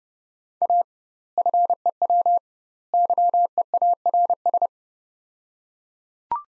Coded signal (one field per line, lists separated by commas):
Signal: Morse code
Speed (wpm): 30 wpm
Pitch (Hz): 700 Hz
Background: none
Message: A FEW YEARS